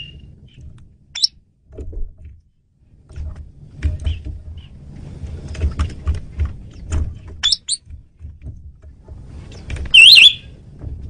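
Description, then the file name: Asian pied starling calls: scattered short high chirps, then a loud, harsh, wavering whistled note near the end, over a low rumbling background. Female bird used as a lure (pemikat). "jalak suren betina pemikat"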